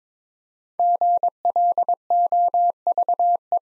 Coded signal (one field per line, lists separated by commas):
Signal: Morse code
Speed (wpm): 22 wpm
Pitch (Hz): 700 Hz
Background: none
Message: GLOVE